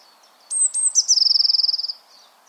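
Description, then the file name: Eurasian blue tit phrase: a few sharp high notes leading into a quick, slightly descending trill of many notes, with soft background hiss. "Cyanistes caeruleus"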